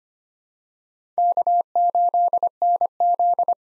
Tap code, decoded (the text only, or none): none